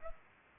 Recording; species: mosquito wingbeat signal from an infrared sensor; Culex pipiens